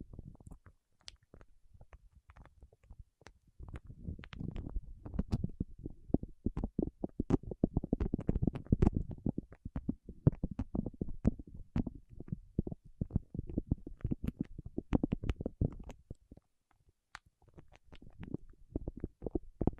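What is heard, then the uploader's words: Fingertips work against wax in a rapid stream of small, soft clicks and sticky taps, mostly low and muffled with occasional brighter snaps. The activity builds to its densest around the middle, thins out near seventeen seconds, then picks up again at the end. ASMR with Wax Fingertips for Sleep (No Talking).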